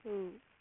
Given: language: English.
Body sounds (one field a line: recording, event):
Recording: throat vibration sensor signal played as sound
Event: speech